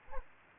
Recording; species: mosquito wingbeat signal from an infrared sensor; Anopheles gambiae